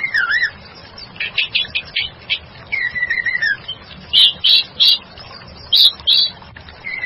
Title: murai batu